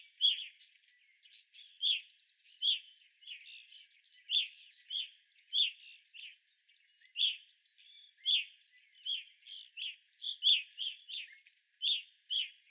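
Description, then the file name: Evening grosbeaks calling steadily, loud clear chirped notes coming in a steady series from several birds, with faint high twitters in the background. Several evening grosbeaks recorded on 25 April 2021. "2021-04-25 Evening Grosbeaks"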